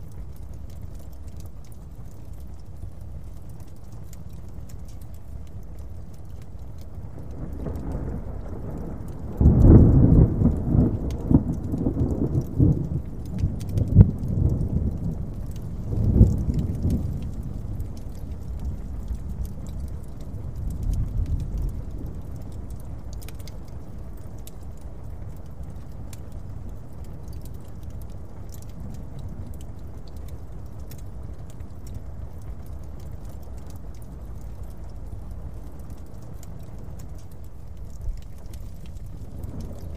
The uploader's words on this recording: Nice Fireplace w/ Smooth Thunderstorm & Faint Rain on Window | Cozy Fireplace, Distant Thunder.